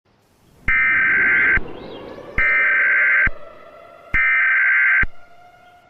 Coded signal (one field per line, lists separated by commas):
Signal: Emergency Alert System (SAME) tones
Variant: header bursts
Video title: EAS Mini Scenario - The Green Moon Virus